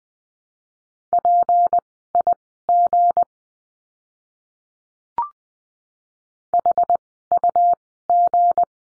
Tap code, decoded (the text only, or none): none